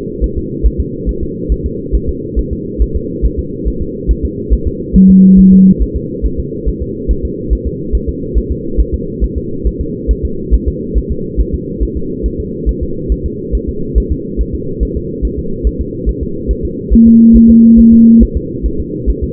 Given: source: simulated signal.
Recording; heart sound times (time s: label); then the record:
fetal heart sounds
0.24 s: S1
0.38 s: S2
0.66 s: S1
0.80 s: S2
1.09 s: S1
1.23 s: S2
1.52 s: S1
1.66 s: S2
1.95 s: S1
2.09 s: S2
2.39 s: S1
2.53 s: S2
2.82 s: S1
2.96 s: S2
3.25 s: S1
3.39 s: S2
3.68 s: S1
3.82 s: S2
4.11 s: S1
4.25 s: S2
4.53 s: S1
4.67 s: S2
4.96 s: S1
5.10 s: S2
5.39 s: S1
5.53 s: S2
5.82 s: S1
5.96 s: S2
6.25 s: S1
6.40 s: S2
6.68 s: S1
6.82 s: S2
7.11 s: S1
7.25 s: S2
7.53 s: S1
7.67 s: S2
7.95 s: S1
8.09 s: S2
8.38 s: S1
8.52 s: S2
8.80 s: S1
8.94 s: S2
9.24 s: S1
9.38 s: S2
9.67 s: S1
9.81 s: S2
10.11 s: S1
10.25 s: S2
10.54 s: S1
10.68 s: S2
10.98 s: S1
11.12 s: S2
11.41 s: S1
11.54 s: S2
11.83 s: S1
11.97 s: S2
12.26 s: S1
12.40 s: S2
12.69 s: S1
12.83 s: S2
13.12 s: S1
13.26 s: S2
13.55 s: S1
13.69 s: S2
13.98 s: S1
14.12 s: S2
14.41 s: S1
14.55 s: S2
14.83 s: S1
14.97 s: S2
15.25 s: S1
15.39 s: S2
15.67 s: S1
15.81 s: S2
16.09 s: S1
16.23 s: S2
16.51 s: S1
16.65 s: S2
16.93 s: S1
17.07 s: S2
17.36 s: S1
17.50 s: S2
17.80 s: S1
17.94 s: S2
18.23 s: S1
18.37 s: S2
18.66 s: S1
18.80 s: S2
19.10 s: S1
19.24 s: S2
From the record:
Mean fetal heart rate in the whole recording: 140 bpm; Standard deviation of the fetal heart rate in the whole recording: 2 bpm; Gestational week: 34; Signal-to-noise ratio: -6.6 dB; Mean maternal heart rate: 72 bpm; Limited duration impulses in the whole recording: present